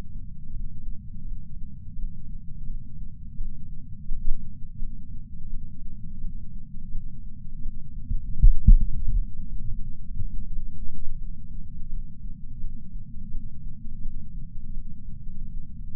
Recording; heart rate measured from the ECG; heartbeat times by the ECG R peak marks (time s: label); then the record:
heart sounds by patch sensor on the chest; 84 bpm
0.50 s: heartbeat
1.22 s: heartbeat
1.93 s: heartbeat
2.64 s: heartbeat
3.35 s: heartbeat
4.06 s: heartbeat
4.77 s: heartbeat
5.48 s: heartbeat
6.19 s: heartbeat
6.90 s: heartbeat
7.61 s: heartbeat
8.32 s: heartbeat
9.02 s: heartbeat
9.73 s: heartbeat
10.45 s: heartbeat
11.16 s: heartbeat
11.88 s: heartbeat
12.59 s: heartbeat
13.29 s: heartbeat
14.00 s: heartbeat
14.71 s: heartbeat
15.43 s: heartbeat
From the record:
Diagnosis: coronary artery disease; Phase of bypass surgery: postoperative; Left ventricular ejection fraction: 68.7%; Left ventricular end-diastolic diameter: 42 mm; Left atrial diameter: 41 mm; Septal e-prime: 3.9 cm/s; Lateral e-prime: 4.9 cm/s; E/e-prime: 19.8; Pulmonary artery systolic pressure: 30 mmHg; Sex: female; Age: 73 years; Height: 160 cm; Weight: 70 kg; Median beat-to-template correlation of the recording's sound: 0.85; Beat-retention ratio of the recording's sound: 0.98